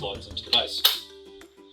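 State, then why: Seated. A charged rechargeable battery pack is slid into the base of the handle of a Fluke handheld thermal camera while someone talks over background music. A single short click at 1.4 s marks the battery latching into place, showing it is seated and connected.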